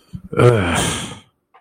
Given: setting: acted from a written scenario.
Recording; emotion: vocal sound without words; contempt